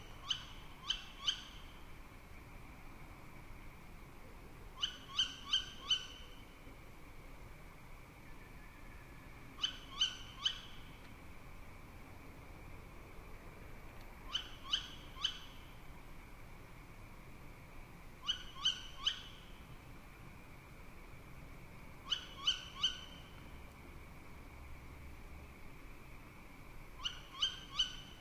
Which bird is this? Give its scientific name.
Strix aluco